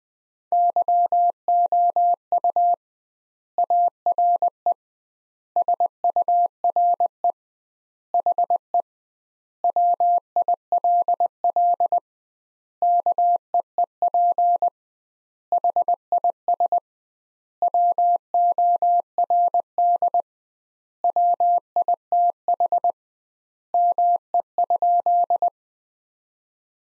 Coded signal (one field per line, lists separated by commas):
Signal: Morse code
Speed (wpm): 20 wpm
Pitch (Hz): 700 Hz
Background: none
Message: YOU ARE SURE HE WILL KEEP HIS WORD WITH ME?